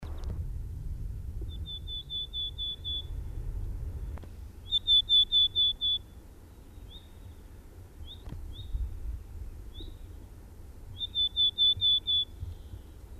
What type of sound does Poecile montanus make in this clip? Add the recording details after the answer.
song. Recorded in the wild. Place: Ehrwald, Tirol, AT. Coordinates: 47.4, 10.9183. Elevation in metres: 980. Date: 1968-04-17. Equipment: 19 cm Halbspur. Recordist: Tretzel, Erwin